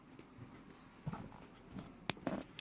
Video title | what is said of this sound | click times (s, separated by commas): Leatherman Wave Issues Part 1 | there you can you can hear that when you unlock a solid locking tool you can hear the click | 2.1 s